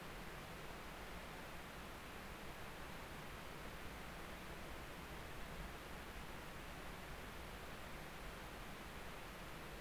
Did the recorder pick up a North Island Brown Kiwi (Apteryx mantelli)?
no